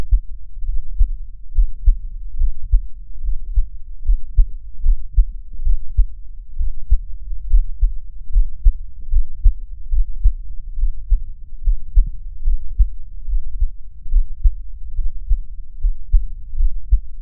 Human heartbeat contact microphone.